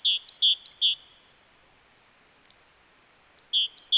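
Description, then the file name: Great tit delivers a few quick two-note phrases, then soft high twittering, then the repeated two-note pattern starts again. "Parus major"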